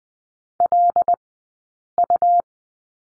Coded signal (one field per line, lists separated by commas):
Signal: Morse code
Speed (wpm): 20 wpm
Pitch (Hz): 700 Hz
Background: none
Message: LU